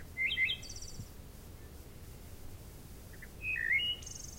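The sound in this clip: Wood thrush: two clear fluting phrases, each a liquid rolling whistle ending in a bright, high buzzy trill, with quiet low noise between them.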